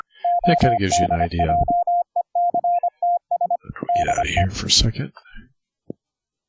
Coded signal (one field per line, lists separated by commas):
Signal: Morse code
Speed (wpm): 25 wpm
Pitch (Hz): 700 Hz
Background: speech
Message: ODJECTS DE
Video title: Morse Code QSO over the internet - software setup - config 5 - Jackrouter, sineCW vst plugin